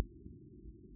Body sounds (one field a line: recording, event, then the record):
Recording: neck accelerometer signal played as sound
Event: no cough (speech, laughter, throat clearing or background)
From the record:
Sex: male